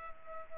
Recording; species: mosquito wingbeat signal from an infrared sensor; Culex pipiens